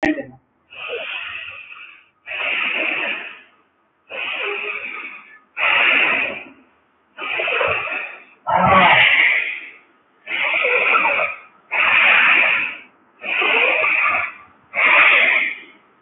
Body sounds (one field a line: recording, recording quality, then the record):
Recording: deep breathing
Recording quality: excellent, no background noise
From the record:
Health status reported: healthy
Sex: male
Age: 24 years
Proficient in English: yes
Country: India